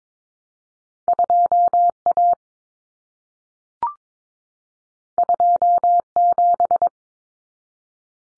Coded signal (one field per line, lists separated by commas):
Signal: Morse code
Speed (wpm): 22 wpm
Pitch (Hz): 700 Hz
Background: none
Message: 2A 27